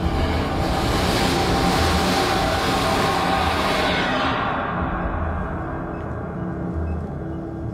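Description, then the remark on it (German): A train roars by very close in a dense, steady rush of rumbling noise, its bright hiss dropping away after a few seconds as the low rumble carries on. “Ein Zug näherte sich und fegte haarscharf an mir vorbei.”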